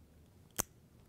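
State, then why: Seated. The sealed battery door on a Fujifilm FinePix XP80 waterproof compact camera is closed by hand, with a faint tick at 0.5 s and then a single sharp, bright click at 0.6 s as it latches shut. The door is latched and the camera is sealed.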